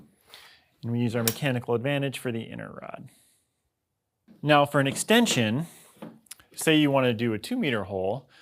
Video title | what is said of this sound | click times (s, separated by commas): How to Assemble the Borehole Installation Tool | we'll push in the inner rod, and then these two will snap into place. | 0.3 s